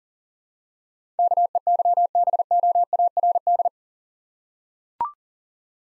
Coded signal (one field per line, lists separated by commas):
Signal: Morse code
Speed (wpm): 37 wpm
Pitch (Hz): 700 Hz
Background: none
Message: KEYBOARD